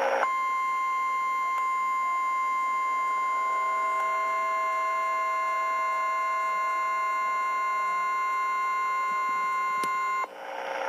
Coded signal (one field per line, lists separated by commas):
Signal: Emergency Alert System (SAME) tones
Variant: 1050 Hz attention tone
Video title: Wow Wow Wubbzy Gets Interrupted By EAS Tornado Warning